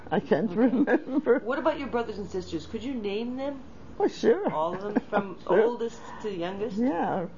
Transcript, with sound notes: I can't remember.
What about your brothers and sisters? Could you name them?
Why, sure. ( she laughs )
All of them, from the oldest to the youngest?
Yeah.